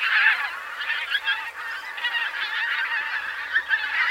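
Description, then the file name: Pink-footed goose: pink-footed geese honking together, many overlapping nasal yelps forming a busy, unbroken chatter with small swells in loudness. "Oca de bec curt"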